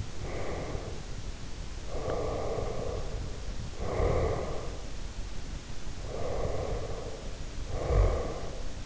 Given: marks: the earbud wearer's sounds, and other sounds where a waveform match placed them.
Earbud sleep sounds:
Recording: sounds in sleep by an in-ear microphone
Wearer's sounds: breath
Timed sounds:
0.22-1.32 s: breath
1.97-4.96 s: breath
6.00-8.86 s: breath

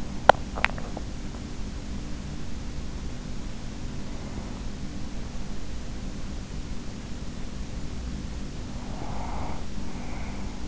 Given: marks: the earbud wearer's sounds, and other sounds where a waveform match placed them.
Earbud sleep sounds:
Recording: sounds in sleep by an in-ear microphone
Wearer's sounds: swallowing, breath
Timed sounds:
0.00-0.93 s: swallowing
8.37-10.68 s: breath

